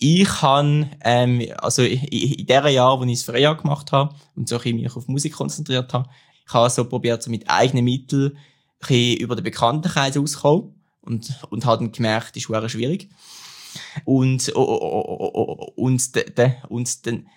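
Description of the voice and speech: A man speaks German with stretched opening sounds, long silent gaps mid-phrase and repeated starts on "und" (und… und… und-d-de). These prolongations, blocks and part-word repetitions are typical of stuttering.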